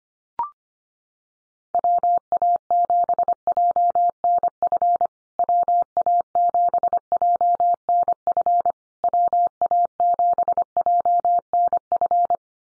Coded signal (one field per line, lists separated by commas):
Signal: Morse code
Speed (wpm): 25 wpm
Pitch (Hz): 700 Hz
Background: none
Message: WA7JNF WA7JNF WA7JNF